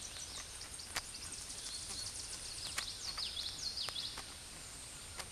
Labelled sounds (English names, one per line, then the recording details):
Common Yellowthroat song
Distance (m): 15 m
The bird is about level with the microphone
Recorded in a Pennsylvania forest on 16 May 2024 at 08:28
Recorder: AudioMoth, point MSD-0665
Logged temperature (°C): 16.1 °C
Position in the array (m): 80 m, 100 m